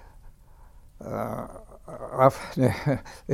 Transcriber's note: chuckles